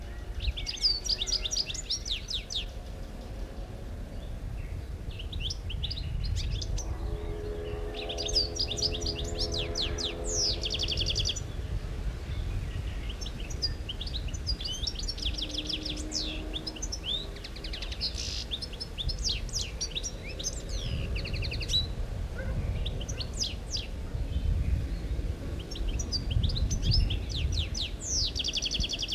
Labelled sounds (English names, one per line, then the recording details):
European Goldfinch song
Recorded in the wild
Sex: male
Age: adult
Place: Mühlenbecker Land, OT Buchhorst, Naturpark Barnim, Brandenburg, DE
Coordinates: 52.6736, 13.3908
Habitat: alder swamp
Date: 1975-05-10
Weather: partly cloudy, 20°C
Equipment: Uher CR 210, Sennheiser MD 421, Verstärker, Kopie Uher 4200
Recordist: Tembrock, Günter
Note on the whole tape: Erlenbruch: Gesang